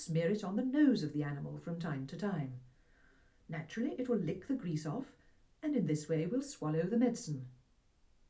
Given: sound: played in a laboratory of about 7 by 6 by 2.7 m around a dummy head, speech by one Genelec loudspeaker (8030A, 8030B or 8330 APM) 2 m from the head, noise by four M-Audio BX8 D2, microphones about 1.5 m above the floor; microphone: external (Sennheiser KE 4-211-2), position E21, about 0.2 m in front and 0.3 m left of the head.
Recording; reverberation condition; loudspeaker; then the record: female speech in English; low; 120 degrees to the right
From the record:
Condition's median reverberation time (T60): about 310 ms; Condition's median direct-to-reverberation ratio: about 3.5 dB